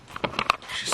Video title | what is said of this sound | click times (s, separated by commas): kswap cv axel replacement and foglights | torqued you hear the clicks she's torqued | 0.4 s, 0.5 s